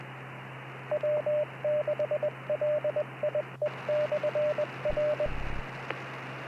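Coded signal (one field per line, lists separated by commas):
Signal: Morse code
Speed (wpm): 20 wpm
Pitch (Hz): 600 Hz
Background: radio noise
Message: W6LIE/R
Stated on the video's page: Local 2m traffic monitored: FM simplex, SSB, AllStarLink node, D-Star cross-mode to DMR and YSF, plus rail transit NXDN and county fire systems on scan.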